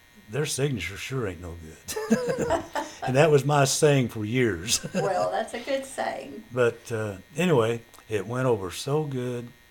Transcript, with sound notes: their signature sure ain't no good. (Laughter) And that was my saying for years (Chuckling)
Well that's a good saying.
But anyway, it went over so good.